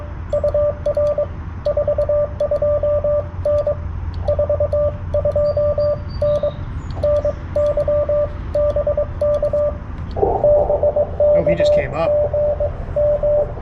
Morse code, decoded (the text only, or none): UR 42N 42N NY BK BK GM